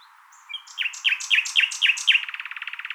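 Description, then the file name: Common nightingale song phrase: a series of loud sharp down-slurred notes repeated about four times a second, ending in a fast dry rattling trill. "Luscinia megarhynchos"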